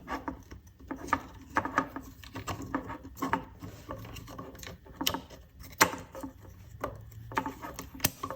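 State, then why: Seated. Protruding tabs on plastic robot kit parts are pushed through the slots of the mating plastic piece amid soft handling and rubbing sounds. Sharp little snaps are heard at 1.1, 5.1, 5.8 and 8.1 seconds as the pieces click into place. The parts end up seated.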